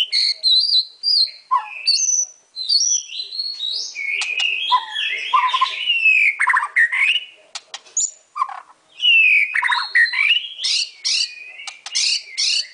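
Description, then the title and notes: White-rumped shama song, a rich flowing stream of varied whistles, trills and sharp clicks, mostly high-pitched and changing phrase by phrase. Masteran (training) song. "Murai Batu Album 01. Masteran Murai Batu"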